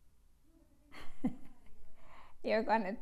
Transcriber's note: chuckles